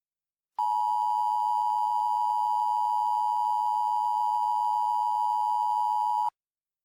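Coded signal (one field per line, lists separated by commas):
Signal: Emergency Alert System (SAME) tones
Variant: 853 and 960 Hz attention tone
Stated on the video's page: Mock EAS alert, a fictional recreation.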